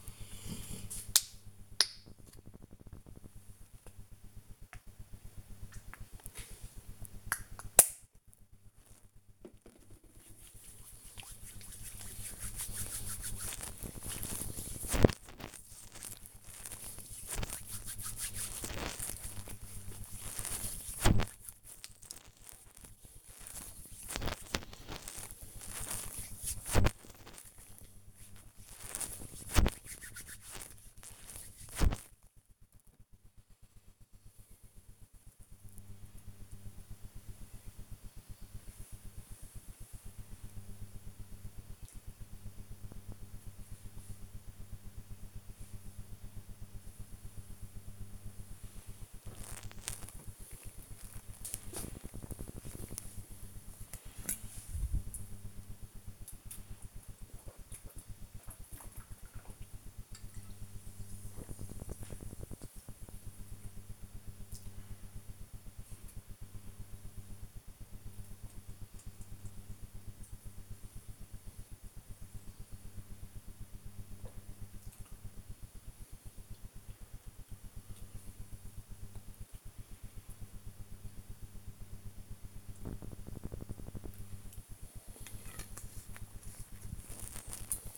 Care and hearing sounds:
household activities, microphone on the right wrist
0.00-32.28 s: disinfecting hands
49.37-87.59 s: drinking

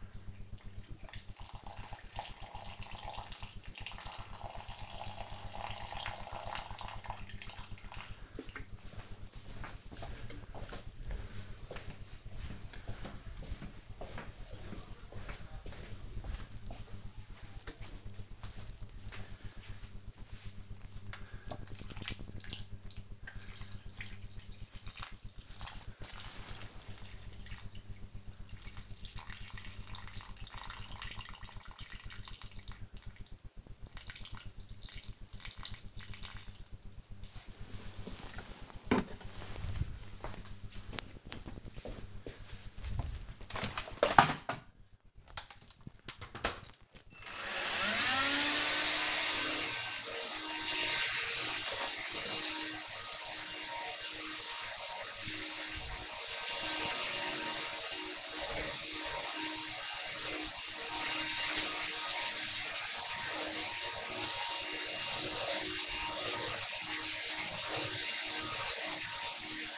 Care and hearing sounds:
household activities, microphone on the right wrist
0.00-37.85 s: watering plant
46.90-69.78 s: vacuum cleaning

